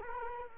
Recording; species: mosquito wingbeat signal from an infrared sensor; Culex quinquefasciatus